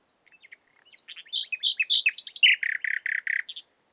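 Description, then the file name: Common nightingale song: varied whistled and chirping notes, then a series of harsh, evenly repeated notes, ending on one high note. "Luscinia megarhynchos"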